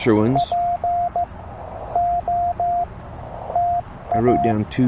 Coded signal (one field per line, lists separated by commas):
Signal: Morse code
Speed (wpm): 16 wpm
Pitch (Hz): 700 Hz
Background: speech, radio noise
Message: POTA